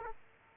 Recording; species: mosquito wingbeat signal from an infrared sensor; Aedes aegypti